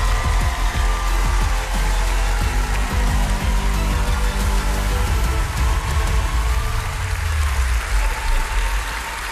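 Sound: warm applause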